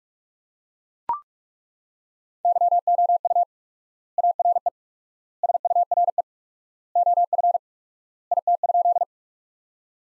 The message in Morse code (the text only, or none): YOU ARE SURE OF IT?